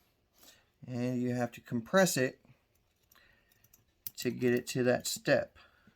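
A recoil spring and guide rod are handled in the slide of a CZ 75 SP-01 pistol, being pressed forward toward the step where they lock in place flush with the slide. Someone talks, and faint small clicks of handling sound between the phrases. Nothing has seated or clicked home yet.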